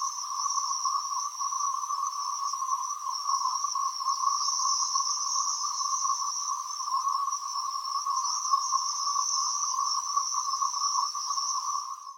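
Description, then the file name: Steady cicada buzzing, a sustained two-toned drone that carries on unbroken before fading out briefly at the very end. "freesound cicadas long"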